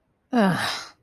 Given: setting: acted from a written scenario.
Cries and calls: vocal sound without words; contempt

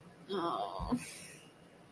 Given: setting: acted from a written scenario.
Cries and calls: vocal sound without words; shame

